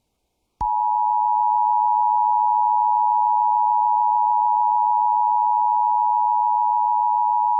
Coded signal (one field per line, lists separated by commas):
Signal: Emergency Alert System (SAME) tones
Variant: 853 and 960 Hz attention tone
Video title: EAS Severe Thunderstorm Watch #188 Columbia, SC WXRY 99.3 FM EASyPLUS alert (Comp. Comin' Soon)